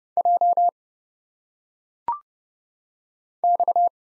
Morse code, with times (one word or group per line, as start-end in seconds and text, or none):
0.2-0.7 J
3.4-3.9 X